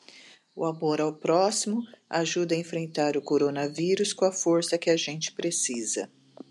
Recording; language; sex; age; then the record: spoken sentence; Brazilian Portuguese; female; 50 to 59 years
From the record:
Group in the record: control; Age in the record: 59 years